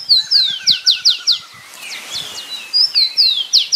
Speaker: É do mesmo tico-tico, completamente diferente, né? Mais um outro.